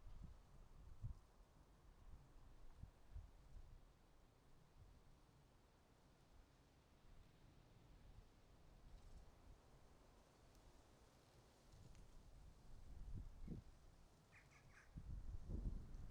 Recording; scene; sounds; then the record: everyday scene through a hearing-aid microphone; wind on the microphone; wind, traffic, birds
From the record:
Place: suburban garden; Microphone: in the ear canal, right